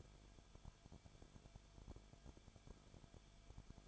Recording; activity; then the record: daily activity, microphone in the room; no activity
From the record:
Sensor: 5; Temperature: 20.4 degrees Celsius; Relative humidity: 39.8%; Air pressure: 1010.8 hPa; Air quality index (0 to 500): 166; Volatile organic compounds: 15 ppm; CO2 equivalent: 2503 ppm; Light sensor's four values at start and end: 2/3/1/1 and 2/3/1/1